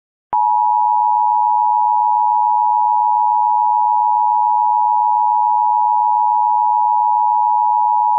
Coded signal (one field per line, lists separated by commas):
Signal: Emergency Alert System (SAME) tones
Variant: 853 and 960 Hz attention tone